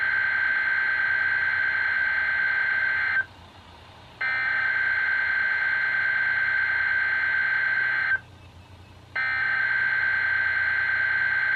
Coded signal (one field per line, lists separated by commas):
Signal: Emergency Alert System (SAME) tones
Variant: header bursts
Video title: EAS #101-#102: RMT and A TON OF STATIC | KHB36 & WTOP